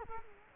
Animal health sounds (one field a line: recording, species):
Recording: mosquito wingbeat signal from an infrared sensor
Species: Culex quinquefasciatus